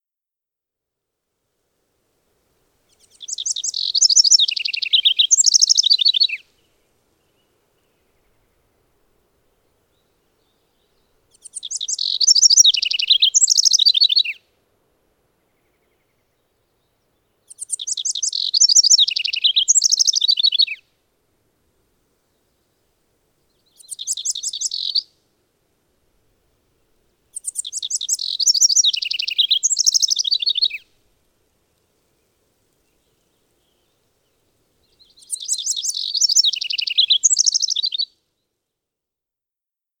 House Wren song recorded on the Bridal Veil Falls Trail in Rocky Mountain National Park.